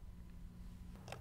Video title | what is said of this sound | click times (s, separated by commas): Part 7 - Flares | Insert it into the flaring tool. Clicks into place. Clamp it down. | 1.1 s